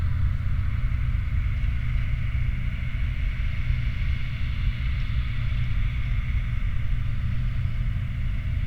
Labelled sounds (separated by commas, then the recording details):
machinery, flare stack
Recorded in the Prudhoe Bay oil fields, Alaska, on 29 July 2019 at 08:48
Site 29